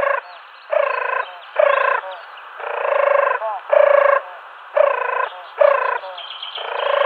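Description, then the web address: European turtle dove display purring: a run of harsh, rapidly pulsed bursts of varying length, repeated roughly every second with brief pauses between them. Male performing display. "Schulze Peter Eurasian Turtle-Dove male display"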